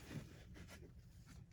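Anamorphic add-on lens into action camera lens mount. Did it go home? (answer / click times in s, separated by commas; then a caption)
no / none. A NEEWER 1.2X anamorphic add-on lens (LS-56) is being fitted into a GoPro action camera's lens mount, giving soft scraping and rubbing sounds around 0.5, 0.7 and 1.3 seconds over a steady low hum. The lens fails to seat on this first try because it is not all the way in, and nothing has seated or clicked yet.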